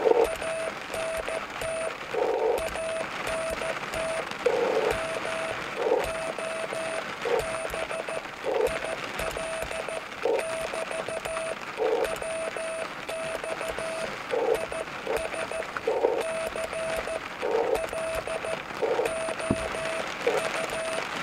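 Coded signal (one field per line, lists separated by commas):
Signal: Morse code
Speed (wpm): 14 wpm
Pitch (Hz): 650 Hz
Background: radio noise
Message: ANT ANT MOBIL <BT> WX IS CLOU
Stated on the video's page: CW DX QSO on 28 MHz from a mobile station on a mountain ridge, sent by a learning operator.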